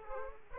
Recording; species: mosquito wingbeat signal from an infrared sensor; Aedes aegypti